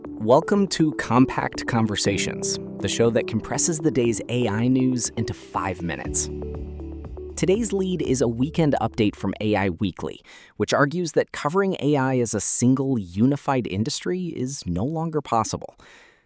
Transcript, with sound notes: Welcome to Compact Conversations, the show that compresses the day’s AI news into 5 minutes.
[thoughtful] Today’s lead is a weekend update from AI Weekly, which argues that covering AI as a single, unified industry is no longer possible.